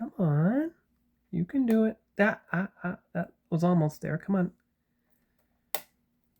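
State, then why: Seated. A small plastic part is pressed into the bottom saucer section of a scale model starship after several tries while someone talks. It seats with a loud, sharp snap at 5.8 s, a satisfying click.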